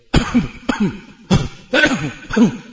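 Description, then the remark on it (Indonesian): A voice imitates people in a public restroom clearing their throats after urinating, with five short, gruff 'ahem' bursts in a steady rhythm, each a rough rasp sliding into a low voiced grunt, fairly loud, with no other talking. “Sehingga kamu dapati di masjid, di kamar mandi umum atau orang awam, hadahumullah, kalau di kamar mandi kamu akan dengar mereka suka berdehem-dehem.”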